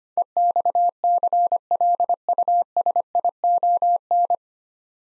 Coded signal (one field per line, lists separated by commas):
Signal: Morse code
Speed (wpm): 25 wpm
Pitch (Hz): 700 Hz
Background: none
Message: EXCLUSION